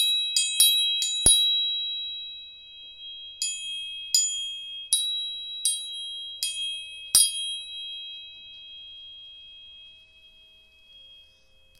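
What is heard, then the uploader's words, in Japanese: Tuning forks are struck in two quick bursts of taps, leaving clear high ringing tones that hold steady and slowly fade over several seconds. 音叉チューニング3本。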